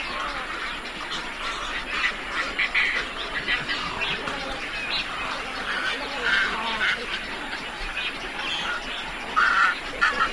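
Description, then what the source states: Herons and storks calling in a large mixed flock, a dense continuous chorus of harsh, overlapping croaks and squawks. Large mixed flock of herons and storks vocalising together.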